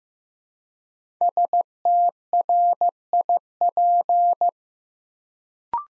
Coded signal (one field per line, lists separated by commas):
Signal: Morse code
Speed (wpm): 15 wpm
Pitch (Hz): 700 Hz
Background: none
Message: STRIP